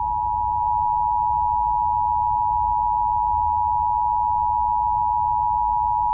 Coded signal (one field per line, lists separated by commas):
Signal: Emergency Alert System (SAME) tones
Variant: 853 and 960 Hz attention tone